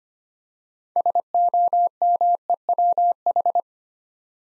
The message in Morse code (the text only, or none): SOMEWH